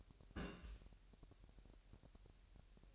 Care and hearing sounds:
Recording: daily activity, microphone in the room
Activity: place on stove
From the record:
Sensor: 2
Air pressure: 1001.8 hPa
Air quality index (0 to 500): 240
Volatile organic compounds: 31 ppm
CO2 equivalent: 2979 ppm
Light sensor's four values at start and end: 5/11/4/4 and 5/11/4/4

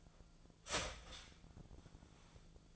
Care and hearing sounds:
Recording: daily activity, microphone in the room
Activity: start toaster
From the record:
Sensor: 5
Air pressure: 1009.4 hPa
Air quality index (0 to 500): 168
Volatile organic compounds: 4 ppm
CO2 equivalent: 1628 ppm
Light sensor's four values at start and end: 90/238/97/102 and 90/238/97/102

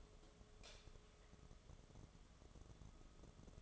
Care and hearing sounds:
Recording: daily activity, microphone in the room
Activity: light off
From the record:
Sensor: 4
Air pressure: 1011.1 hPa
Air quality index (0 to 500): 147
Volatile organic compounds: 3 ppm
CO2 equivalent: 1504 ppm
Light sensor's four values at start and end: 125/329/139/144 and 124/326/138/143

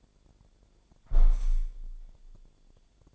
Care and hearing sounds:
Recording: daily activity, microphone in the room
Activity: close window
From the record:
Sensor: 5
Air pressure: 1000.5 hPa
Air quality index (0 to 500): 143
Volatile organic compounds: 2 ppm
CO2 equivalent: 1101 ppm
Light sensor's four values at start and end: 41/97/41/44 and 41/97/41/44

